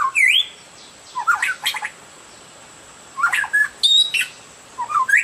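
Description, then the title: Oriental magpie-robin producing scattered short phrases of sweeping whistles and harsh notes, separated by brief silences. "Kicau Kacer"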